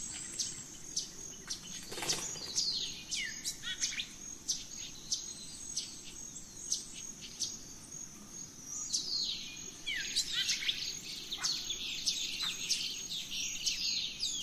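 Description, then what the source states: Birds in chorus giving many quick down-slurred whistles and chirps, sparse at first then crowding together in the second half, over a steady high whine. Dawn chorus of rainforest birds, Gran Sabana, Venezuela.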